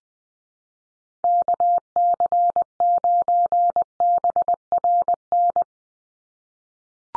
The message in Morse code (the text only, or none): KC9BRN